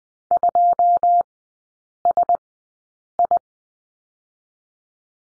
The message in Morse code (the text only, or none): 2 S I